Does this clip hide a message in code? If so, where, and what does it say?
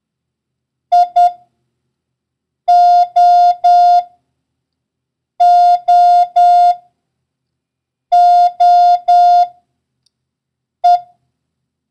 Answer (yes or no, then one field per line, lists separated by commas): yes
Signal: Morse code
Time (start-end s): 0.9-11.0 s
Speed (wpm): 10 wpm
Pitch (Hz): 710 Hz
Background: none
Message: IOOOE